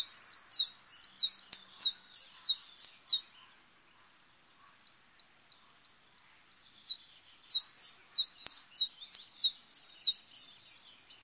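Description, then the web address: Common chiffchaff singing a steady run of high notes, then a pause of about a second and a half before another long run. "chants Pouillot veloce"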